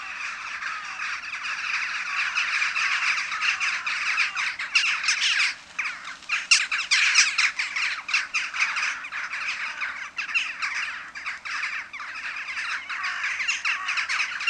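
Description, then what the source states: Western jackdaw roost chorus: a long stretch of dense, harsh chattering from a large flock, with louder clusters of sharp calls rising out of the din. Many jackdaws calling together at a communal roost.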